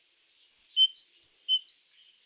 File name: Parus major